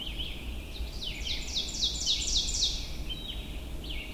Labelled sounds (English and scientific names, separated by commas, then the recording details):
Ovenbird (Seiurus aurocapilla) song
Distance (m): 30 m
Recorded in boreal forest in Alberta, Canada, on 23 June 2016 at 05:01
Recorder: SongMeter 3, array SBT-6-76
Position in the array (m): 177 m, 82 m
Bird 3